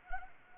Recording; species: mosquito wingbeat signal from an infrared sensor; Anopheles arabiensis